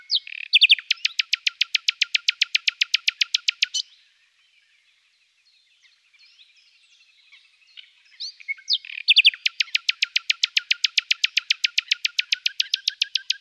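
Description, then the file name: Common nightingale song: long rapid rattling trill of repeated notes, a pause with soft background chirps, then another fast repeated trill phrase. "Fülemülék"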